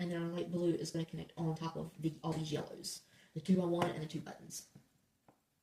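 Someone talks while handling a light blue plastic building brick, bringing it toward the studs on top of yellow bricks, including a two-by-one and two round buttons. A faint tap is heard near the end, but nothing has seated or clicked yet.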